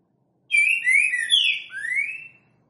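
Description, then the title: Green-winged saltator singing one strong whistled phrase, a few slurred falling notes followed by a bright upward-sweeping final note. Loud singing used to warm up or stimulate other birds of the species; described as voice type 10 and boiadeiro song style. "Canto De Trinca Ferro Voz 10. TRINCA FERRO BOIADEIRO CANTANDO FORTE. ESQUENTAR TRINCA FERRO"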